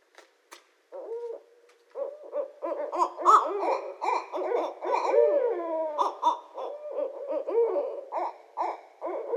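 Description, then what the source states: Barred owls caterwauling, with loud, rapid, excited hoots, cackles and descending wails that overlap one another. Recorded 2012-02-24.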